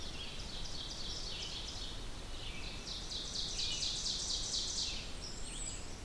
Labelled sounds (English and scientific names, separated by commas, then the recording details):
Ovenbird (Seiurus aurocapilla) song
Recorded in boreal forest in Alberta, Canada, on 16 June 2016 at 08:09
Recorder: SongMeter 3, array SBT-3-32
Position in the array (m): 162 m, 26 m
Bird 36